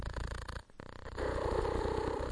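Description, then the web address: Domestic cat, a low purr that starts softly, briefly breaks off, then resumes louder and steady for the last second. Deep purring cat. "cat purr deep passion"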